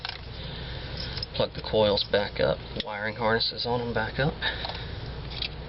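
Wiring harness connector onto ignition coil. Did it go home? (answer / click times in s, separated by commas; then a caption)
no / none. A wiring harness plug is handled near the ignition coil's connector on a 2002 Mitsubishi Lancer while someone talks, with brief handling sounds around 0.1, 1.2 and 5.4 seconds. The plug has not seated or clicked onto the coil yet.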